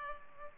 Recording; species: mosquito wingbeat signal from an infrared sensor; Culex pipiens